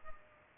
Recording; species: mosquito wingbeat signal from an infrared sensor; Culex pipiens